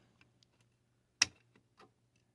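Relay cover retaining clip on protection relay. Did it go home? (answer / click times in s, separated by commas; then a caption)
released / 1.2 s. On a 1972 Pioneer SX-828, the hook of a spring clip on the protection relay's plastic cover is worked under a lip, then the clip is pulled out and up. A few faint ticks come first, then a sharp, bright click at 1.2 s, followed by softer clicks near 1.6 s and 1.8 s. The click at 1.2 s marks the clip letting go, and the cover clip is released.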